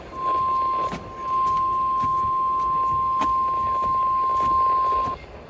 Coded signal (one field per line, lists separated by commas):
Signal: Emergency Alert System (SAME) tones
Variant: 1050 Hz attention tone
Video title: Required Weekly Test on KGG68 - WWG40 - KJY78 - KWWJ-AM (EAS#4,642 - 4,645)